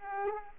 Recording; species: mosquito wingbeat signal from an infrared sensor; Aedes aegypti